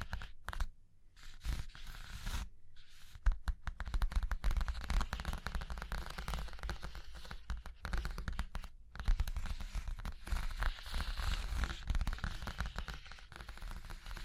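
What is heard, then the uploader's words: Dense scratching and tracing over a surface, with quick tapping strokes running almost without pause. Brief silences break it near one, two and a half, and nine seconds. A low rumble sits underneath, and the bright scratchy texture swells and fades across the clip. ASMR Hypnotic Surface Tapping, Scratching, Tracing Sounds (No Talking).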